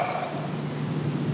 This is the sound of bears snoring.